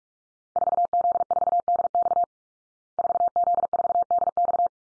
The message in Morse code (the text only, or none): 4Z4DX 4Z4DX